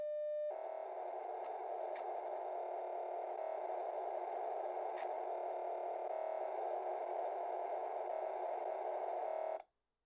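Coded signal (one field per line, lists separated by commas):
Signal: POCSAG pager data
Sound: short steady tone, then about nine seconds of harsh rasping buzz, abruptly ending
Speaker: there's a lot of activity on 153350 especially in this area so i'll just turn the radio off within a few seconds there's bound to be some some pok sag signals coming through so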